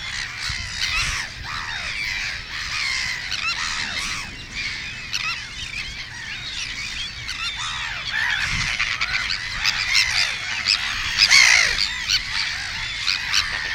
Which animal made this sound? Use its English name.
Sandwich Tern